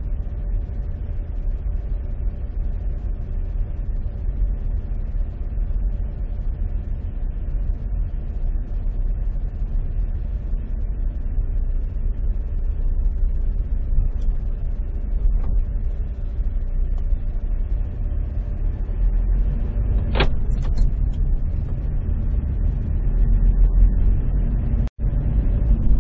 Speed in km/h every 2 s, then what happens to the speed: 8, 8, 8, 8, 8, 7, 7, 8, 8, 13, 15, 20, 27.
0-16 steady at about 8. 16-26 speeds up to 27.